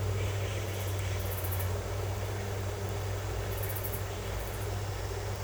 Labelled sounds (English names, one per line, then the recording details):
none
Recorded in secondary vegetation near Puerto Asís, Putumayo, Colombia, on 16 December 2024 at 08:30
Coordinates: 0.468, -76.324
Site G095